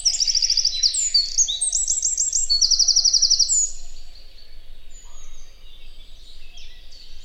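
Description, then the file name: Eurasian wren with explosive high song, several fast buzzy trills in quick succession for about four seconds, then quieter twittering. "Troglodytes troglodytes"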